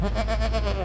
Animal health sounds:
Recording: contact call of a hoofed animal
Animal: goat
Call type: low-frequency (closed-mouth) or high-frequency (open-mouth) call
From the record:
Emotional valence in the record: negative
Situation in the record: short social isolation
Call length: 0.86 s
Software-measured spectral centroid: 2070 Hz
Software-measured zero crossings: 860 a second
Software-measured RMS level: -24 dBFS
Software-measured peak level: -12 dBFS

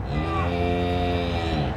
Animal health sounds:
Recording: contact call of a hoofed animal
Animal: cattle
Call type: low-frequency (closed-mouth) or high-frequency (open-mouth) call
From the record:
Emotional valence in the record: negative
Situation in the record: full separation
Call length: 1.77 s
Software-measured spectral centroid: 1540 Hz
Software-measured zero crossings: 1310 a second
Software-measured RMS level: -24 dBFS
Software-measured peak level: -12 dBFS

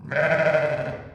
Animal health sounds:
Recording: contact call of a hoofed animal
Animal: sheep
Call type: low-frequency (closed-mouth) or high-frequency (open-mouth) call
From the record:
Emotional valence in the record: negative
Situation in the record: short social isolation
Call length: 1.15 s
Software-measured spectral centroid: 1480 Hz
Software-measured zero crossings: 1500 a second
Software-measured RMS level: -23 dBFS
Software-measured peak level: -8 dBFS

